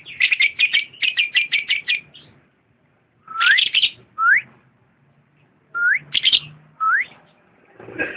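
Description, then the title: Lovebird chirping: a fast run of shrill, evenly spaced chirps, then a pause and several sharp rising whistled notes. Champion lovebird, singing. "KICAU BURUNG LOVEBIRD JUARA"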